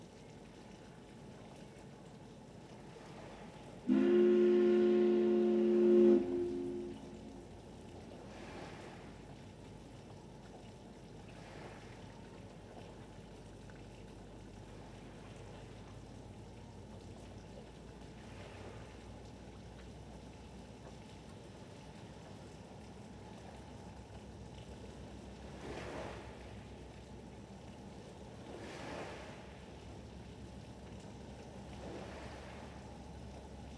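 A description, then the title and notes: A ferry's deep, steady horn blasts for about two seconds near the start, then cuts off. Afterward a low, constant wash of harbor water and engine rumble fills the clip, with a few soft, brief splashes around the 26 and 29 second marks. Martha's Vineyard Thunderstorm and Harbor Waves.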